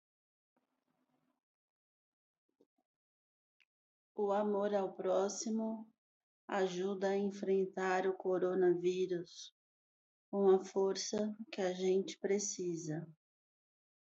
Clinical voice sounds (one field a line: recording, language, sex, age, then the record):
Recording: spoken sentence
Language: Brazilian Portuguese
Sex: female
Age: 50 to 59 years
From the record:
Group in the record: control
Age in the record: 50 years